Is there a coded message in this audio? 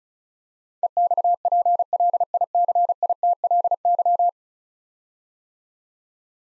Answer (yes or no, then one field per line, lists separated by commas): yes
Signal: Morse code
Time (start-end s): 0.8-4.3 s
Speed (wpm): 36 wpm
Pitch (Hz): 700 Hz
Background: none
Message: EXPLICITLY